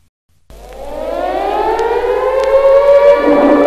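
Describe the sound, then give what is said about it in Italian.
An air raid siren starts abruptly after a brief silence and wails steadily, its loud tone rising slowly in pitch with layered harmonics. No one speaks. “È allarme rosso, siamo in guerra.”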